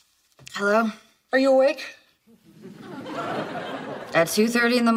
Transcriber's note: laughter